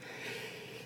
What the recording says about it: I think I'm going to sneeze. That just came on pretty quick.